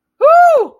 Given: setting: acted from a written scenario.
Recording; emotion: vocal sound without words; pain